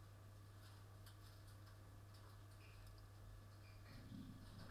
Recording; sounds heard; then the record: poultry house recording; no chicken sound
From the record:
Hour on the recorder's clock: 20